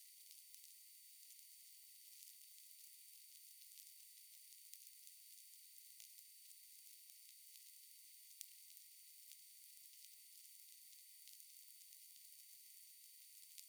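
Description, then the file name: Dolphin clicks, brief crisp ticks arriving at uneven intervals, some clustered, against continuous hissing background noise and a faint steady whine. Clicks, recorded 6 May 2021 at 20:26 UTC. "Dauphin clic 2 20210506 202638 UTC"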